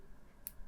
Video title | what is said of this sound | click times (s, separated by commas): How to Replace the Band on Your Google Pixel Watch 3 - Simple Guide | so you'll hear a click | 0.5 s